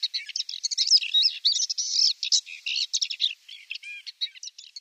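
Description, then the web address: Paddyfield warbler song, a fast, continuous jumble of scratchy chattering notes and sweet whistled phrases, high-pitched and constantly varied throughout. "Paddyfield Warbler song"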